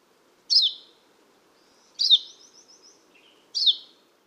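Painted redstart giving three sharp, slurred chip calls spaced about one and a half seconds apart, one followed by a faint trill.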